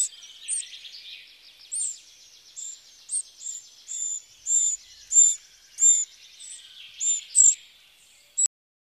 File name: Troglodyte Mignon